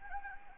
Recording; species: mosquito wingbeat signal from an infrared sensor; Anopheles gambiae